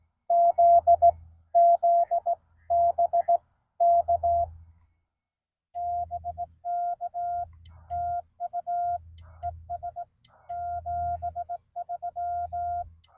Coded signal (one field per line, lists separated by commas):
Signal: Morse code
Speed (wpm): 18 wpm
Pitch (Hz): 690 Hz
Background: none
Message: ZZ BK BK TU ES 73